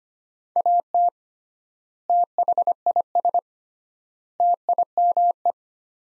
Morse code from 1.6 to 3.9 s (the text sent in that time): THIS